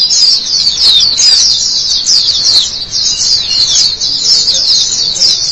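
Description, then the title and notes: White-eye singing a rapid, high-pitched warble of tumbling twittered notes that runs on without a break. White-eye chirping song. "Kicauan Burung Pleci Durasi Panjang. Suara kicauan burung pleci"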